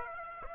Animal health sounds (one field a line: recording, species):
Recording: mosquito wingbeat signal from an infrared sensor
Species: Aedes aegypti